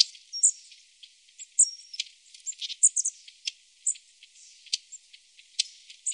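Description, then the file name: Long-tailed tit calls: scattered thin, very high notes and short downslurred chirps, irregularly spaced throughout, with a faint soft hiss underneath. "Stjartmes"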